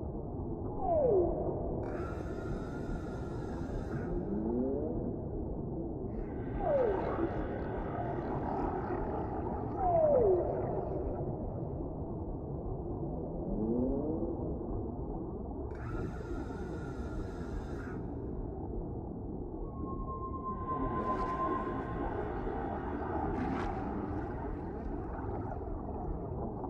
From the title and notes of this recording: Whales Singing. Underwater sounds, peaceful water noise.